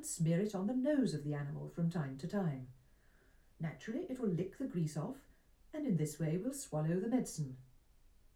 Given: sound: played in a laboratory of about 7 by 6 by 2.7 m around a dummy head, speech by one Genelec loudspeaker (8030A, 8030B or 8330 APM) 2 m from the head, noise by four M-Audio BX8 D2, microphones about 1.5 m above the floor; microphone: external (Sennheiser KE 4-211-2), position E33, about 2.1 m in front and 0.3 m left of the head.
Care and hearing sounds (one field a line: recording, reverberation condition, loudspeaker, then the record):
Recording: female speech in English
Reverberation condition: low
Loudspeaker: behind (180 degrees)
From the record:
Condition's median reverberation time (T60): about 310 ms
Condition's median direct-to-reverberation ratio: about 3.5 dB